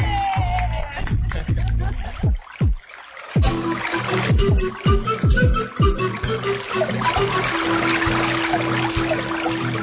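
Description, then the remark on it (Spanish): Water runs steadily from a tap left open, splashing and gurgling with quick falling pitch sweeps over a constant rushing hiss. “Bueno, ahí se había quedado la canilla abierta, estaba corriendo el agua y por suerte la pudimos cerrar.”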